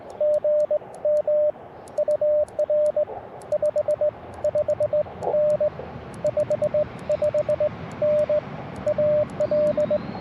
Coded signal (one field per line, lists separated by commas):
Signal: Morse code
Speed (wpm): 20 wpm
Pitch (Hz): 600 Hz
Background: radio noise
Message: GM UR 55N 55N AL